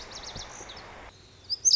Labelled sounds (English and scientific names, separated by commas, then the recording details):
Lazuli Bunting (Passerina amoena)
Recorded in Sonoma County, California